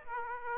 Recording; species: mosquito wingbeat signal from an infrared sensor; Aedes aegypti